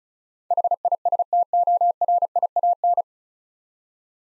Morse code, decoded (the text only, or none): HISTORIAN